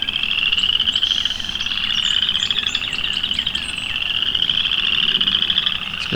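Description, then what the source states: Chorus frogs calling: a dense continuous chorus of trilling, creaky calls, with faint bird notes barely audible above. Chorus of frogs loud enough to drown out a nearby song sparrow.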